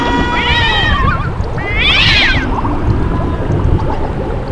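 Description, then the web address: Cat yowls, a bending wail then a brighter, strained cry near the middle, heard over a steady low rumbling noise. Howling cats; a sound effect. "Halloween Nightmare CD Sound Effects 13-halloween sound effects-howling cats"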